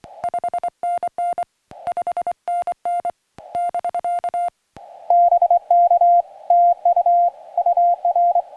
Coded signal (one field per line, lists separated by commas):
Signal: Morse code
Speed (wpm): 24 wpm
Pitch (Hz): 700 Hz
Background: music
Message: 5NN 5NN <BK> BK TU UR